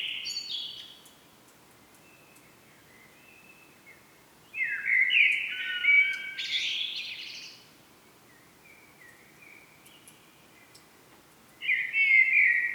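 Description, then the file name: Common blackbird singing mellow whistled phrases that end in squeaky high twitters, with a long quiet gap before a final phrase near the end. "Turdus merula"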